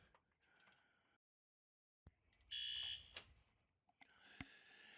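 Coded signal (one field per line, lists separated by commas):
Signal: alarm pattern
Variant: Canadian two-stage alert, 20 ppm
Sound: buzzy horn blasts pulsing slowly with pauses between, a few clicks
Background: room noise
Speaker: And up top here we have a 4-wire device that is giving us our strobe and 20 ppm signal.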